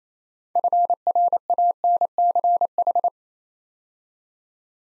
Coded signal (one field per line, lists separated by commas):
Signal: Morse code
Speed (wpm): 27 wpm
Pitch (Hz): 700 Hz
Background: none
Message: FRANCH